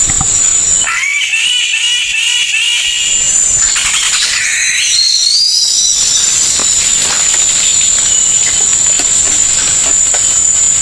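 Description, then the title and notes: Bird song: a run of rapid, wavering chirps, then a long rising whistle, with a shrill high tone and hiss before and after. Bird with a melodious voice. "Burung Dengan Suara Merdu"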